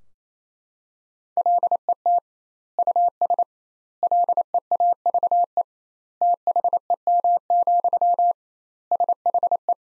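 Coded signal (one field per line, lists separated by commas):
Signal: Morse code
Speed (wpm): 28 wpm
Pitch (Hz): 700 Hz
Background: none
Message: LET US LEAVE THEM, SHE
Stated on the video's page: Morse practice sentences built from the top 400 words, sent at 28 wpm with twice the standard word spacing, a word-level Farnsworth-style approach.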